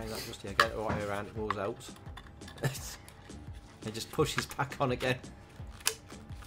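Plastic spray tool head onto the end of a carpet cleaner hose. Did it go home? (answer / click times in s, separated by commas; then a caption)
yes / 5.9 s. The plastic spray head of a Bissell Spotclean Pro carpet cleaner's hose tool is pushed back onto the repaired hose end while someone talks, with soft plastic handling noises throughout. It snaps home with one sharp click at 5.9 seconds and is seated.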